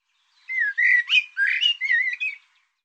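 Bird song, a warbling phrase of rising and falling whistles with a couple of harsh, buzzy notes in the middle, about two seconds long.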